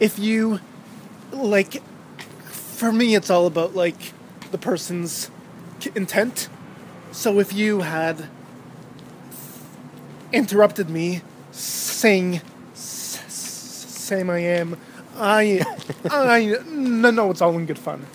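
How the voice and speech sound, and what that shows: Conversational speech from an adult who stutters, broken by long silent blocks, stretched sounds and repeated words ("I… I… no no"), typical of stuttering.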